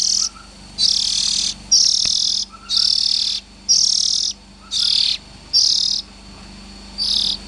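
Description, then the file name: Oriental magpie-robin sounding hoarse hissing bursts of uneven length in a series, soft short chirps between some of them. Young birds. "Tieng chim chich choe than non"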